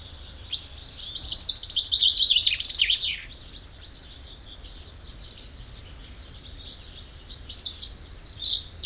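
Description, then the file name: Common chaffinch song: a fast run of high notes ending in a lower flourish, then quieter high notes over steady background hiss. "Fringilla coelebs"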